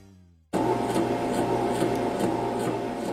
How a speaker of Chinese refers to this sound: 电锯的声音突然起了，耳朵靠近洞口的秦放吓了一跳，约莫4-5秒之后， 那声音又停了。